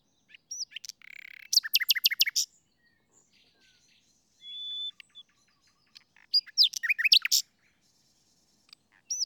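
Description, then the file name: Common nightingale song in phrases: a rapid rattle of sharp repeated notes, a pause, one long pure sustained whistle, then another fast burst of chattering notes. "Luscinia megarhynchos"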